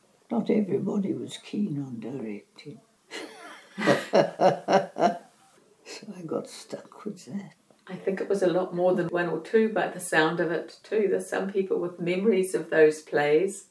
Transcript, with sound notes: Not everybody was keen on directing, [chuckle] so I got stuck with that. I think it was a lot more than one or two by the sound of it too – there’s some people with memories of those plays.